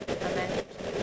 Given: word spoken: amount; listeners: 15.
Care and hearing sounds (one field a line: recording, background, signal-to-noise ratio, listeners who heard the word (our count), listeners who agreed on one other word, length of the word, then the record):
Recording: one English word in noise, from a listening test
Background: noise modulated by three-talker babble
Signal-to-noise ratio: -4.9 dB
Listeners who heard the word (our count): 0 of 15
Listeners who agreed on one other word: 7 of 15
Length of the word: 0.63 s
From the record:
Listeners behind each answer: 7, 2, 1, 1, 1, 1, 1, 1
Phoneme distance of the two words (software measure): 20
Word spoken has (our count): 2 syllables, 5 phonemes, stress on syllable 2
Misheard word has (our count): 2 syllables, 5 phonemes, stress on syllable 2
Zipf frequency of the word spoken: 5.07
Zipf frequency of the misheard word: 3.11